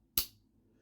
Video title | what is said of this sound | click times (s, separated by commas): Top 5 Favorite Rough Ryder Knives | Yeah, it snaps down pretty good. | 0.2 s